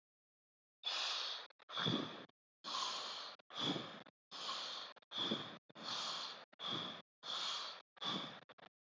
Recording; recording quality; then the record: deep breathing; excellent, no background noise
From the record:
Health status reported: healthy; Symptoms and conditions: hypertension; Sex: male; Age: 34 years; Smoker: not ticked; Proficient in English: yes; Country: India